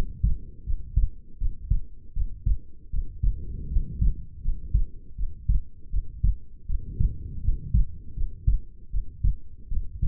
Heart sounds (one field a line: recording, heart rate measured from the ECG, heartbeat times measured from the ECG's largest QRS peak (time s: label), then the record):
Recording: heart sounds by stethoscope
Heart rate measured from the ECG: 80 bpm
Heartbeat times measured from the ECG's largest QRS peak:
0.64 s: heartbeat
1.38 s: heartbeat
2.13 s: heartbeat
2.90 s: heartbeat
3.69 s: heartbeat
4.42 s: heartbeat
5.15 s: heartbeat
5.90 s: heartbeat
6.66 s: heartbeat
7.41 s: heartbeat
8.14 s: heartbeat
8.90 s: heartbeat
9.68 s: heartbeat
From the record:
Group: healthy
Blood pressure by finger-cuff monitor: 100/60 mmHg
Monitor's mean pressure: 76 mmHg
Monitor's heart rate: 80 bpm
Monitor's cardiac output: 7.8 L/min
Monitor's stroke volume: 99 mL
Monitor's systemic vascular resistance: 700 dyn s/cm5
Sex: female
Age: 22 years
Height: 160 cm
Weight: 45 kg